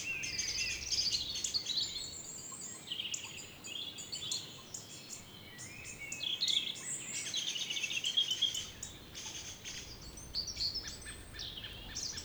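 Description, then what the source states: Birds: bird chorus of overlapping high twittering songs and thin whistles, continuous and lively throughout. Village birds singing in the evening around 8 pm, humid weather, April 2019, Tregastel, Pleumeur-Bodou, France; recorded with MKH 8040 ORTF pair, Rycote windshield, Zoom H5.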